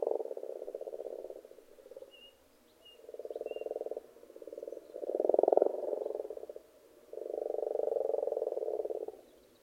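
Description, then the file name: Frog chorus in four swelling bouts of fast pulsed croaking, separated by short lulls. Frogs in a pond. "benboncan frogs-in-a-pond"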